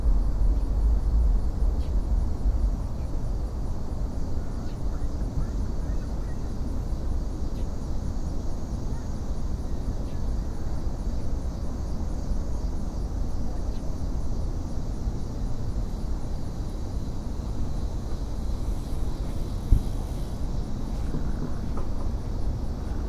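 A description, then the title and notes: Beside the Anacostia River near Washington, D.C., a steady low rumble of traffic or aircraft fills the whole recording, a little heavier in the first few seconds. A faint high whine holds throughout, and a single sharp knock sounds near the twentieth second. Sitting and thinking next to the Anacostia River near Washington, D.C.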